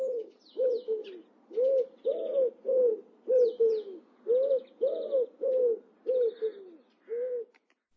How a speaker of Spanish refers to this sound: ¿Y cuáles son esos pájaros? Bueno, el segundo es la paloma trasca o paloma europea.